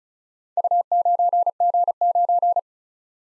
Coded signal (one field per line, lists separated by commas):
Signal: Morse code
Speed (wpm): 36 wpm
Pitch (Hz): 700 Hz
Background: none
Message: U9G9